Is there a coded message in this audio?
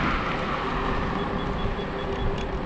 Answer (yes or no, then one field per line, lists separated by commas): no